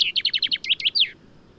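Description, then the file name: Common chaffinch phrase: a quick series of sliding, descending notes closing with a downward flourish, lasting just over a second. "Fringilla coelebs"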